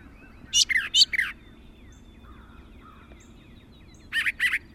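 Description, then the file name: Brown thrasher song: a quick burst of three or four rough phrases, a pause with faint birdsong, then another short repeated phrase. "suara kicauan brown thrasher. omkicau"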